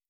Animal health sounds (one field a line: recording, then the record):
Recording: hydrophone in a shrimp aquaculture tank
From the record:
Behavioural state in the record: starved